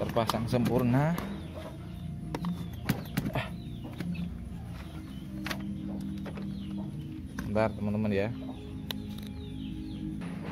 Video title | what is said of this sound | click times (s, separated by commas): Mengenal Komponen kabin mesin INNOVA DIESEL 2.5 | Oke, sudah terkunci. | 8.9 s